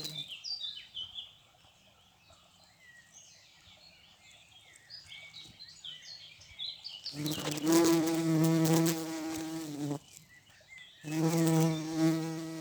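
Bumblebee flight buzz, a low droning hum that swells twice in the second half, after an opening stretch of small birds chirping and twittering.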